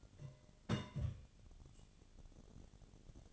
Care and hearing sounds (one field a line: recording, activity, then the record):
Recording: daily activity, microphone in the room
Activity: place on stove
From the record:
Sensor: 4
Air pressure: 1010.8 hPa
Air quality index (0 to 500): 170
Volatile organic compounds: 5 ppm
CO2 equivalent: 1729 ppm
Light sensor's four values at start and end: 39/111/45/46 and 39/111/45/46